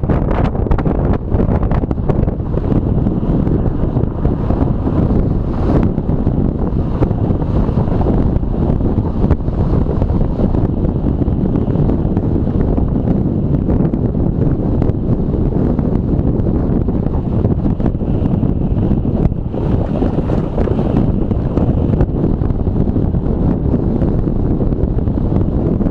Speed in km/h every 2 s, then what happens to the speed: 27, 28, 29, 29, 28, 28, 26, 25, 23, 22, 20, 19, 18.
0-10 steady at about 28. 10-26 slows to 18.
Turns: none.